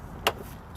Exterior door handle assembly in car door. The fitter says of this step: to bring it back this way and there you go pops right out